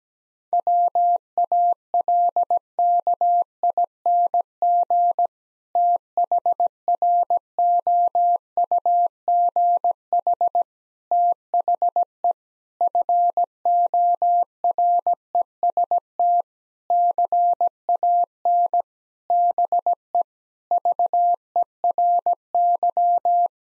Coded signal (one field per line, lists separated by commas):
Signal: Morse code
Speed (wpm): 17 wpm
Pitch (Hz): 700 Hz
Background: none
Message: WALKING THROUGH THE FOREST CAN BE VERY